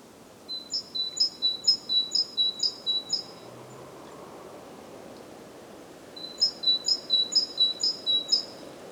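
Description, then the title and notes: Great tit song of clear repeated two-part phrases, two bursts of several phrases separated by a pause of about three seconds, over soft steady background noise. Recorded at Głodówka, Žilina Region, Slovakia, with a Zoom F3 recorder and Usi Pro microphones. "Głodówka, Kraj żyliński, Słowacja - Great voice of a great tit. Recordist: Maciej Wirmański"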